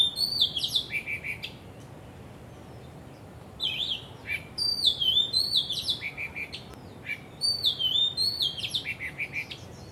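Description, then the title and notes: Bird song: three bursts of high, twittering, warbled phrases with short gaps between them, over a steady low background hiss. Birds singing vigorously at Wu Kai Sha, Hong Kong, on 15 December 2006, recorded with AKG condenser microphones in XY stereo. "香港 烏溪沙 雀鳥勁唱歌 Date: 15 December 2006"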